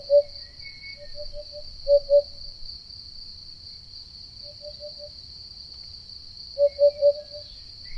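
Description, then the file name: Eurasian hoopoe giving low hooting notes in short bursts of two to four, separated by pauses, against a steady high-pitched insect drone. "Chant-de-la-Huppe-fasciée-Upupa-Epops"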